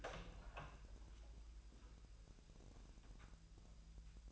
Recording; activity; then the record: daily activity, microphone in the room; open door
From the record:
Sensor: 2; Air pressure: 1001.0 hPa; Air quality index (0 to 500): 249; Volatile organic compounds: 97 ppm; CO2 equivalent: 3733 ppm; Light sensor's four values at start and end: 10/23/9/10 and 10/23/10/10